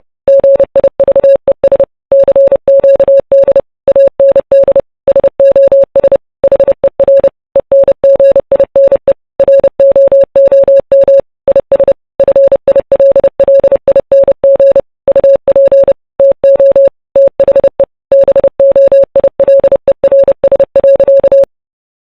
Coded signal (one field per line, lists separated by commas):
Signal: Morse code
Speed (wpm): 30 wpm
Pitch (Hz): 550 Hz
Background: none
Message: GIVES CQD AND SOS HER ENGINE ROOM IS FILLING UP TO THE BOILERS.